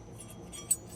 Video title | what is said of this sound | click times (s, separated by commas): How to Change Rear Brakes and Rotor on a 2012 - 2017 Kia Rio | Just snap in place, and they help to give | 0.7 s